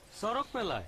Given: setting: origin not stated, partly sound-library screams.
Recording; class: one-second piece from a danger detection set; normal situation